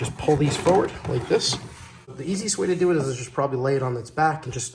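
Someone talks while lining up the plastic bottom panel of a Suncast BMC3000 wall-mounted storage cabinet so its clips engage the side panels, pulling the pieces forward with the cabinet to be laid on its back for tapping. Only speech and light handling noise are heard; the bottom panel has not seated or clicked into place yet.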